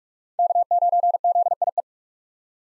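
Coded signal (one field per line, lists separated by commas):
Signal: Morse code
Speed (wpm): 46 wpm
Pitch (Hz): 700 Hz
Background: none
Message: K9ZIE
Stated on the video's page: Morse head-copy drill of common POTA activator call signs at 45 wpm.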